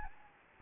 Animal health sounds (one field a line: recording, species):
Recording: mosquito wingbeat signal from an infrared sensor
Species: Anopheles gambiae